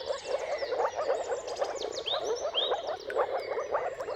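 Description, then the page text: Short stretch of moor frog chorus: rapid soft bubbling calls, with rising bird whistles. Mating calls of moor frogs in a chorus at sunrise, at the turn of March and April depending on the weather. "earth-fm Jakub-Orzecki moor frogs. Dawn’s Chorus: Mating Calls of Marsh Frogs at Sunrise. Depending on the weather at the turn of March and April, you can witness an amazing spectacle of moor frogs"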